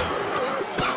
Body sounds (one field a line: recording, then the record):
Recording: coughing mixed with background sound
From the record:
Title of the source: Coughing 46